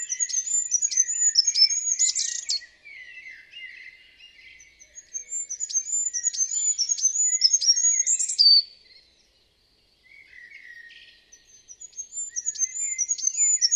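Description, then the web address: Bird giving repeated bouts of rapid, high-pitched chirping and whistling with lower buzzy notes, broken by a short silence before calling resumes. "Bird Only"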